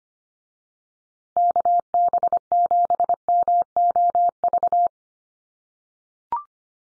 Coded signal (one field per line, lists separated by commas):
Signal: Morse code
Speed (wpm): 25 wpm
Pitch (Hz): 700 Hz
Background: none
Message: KB7MOV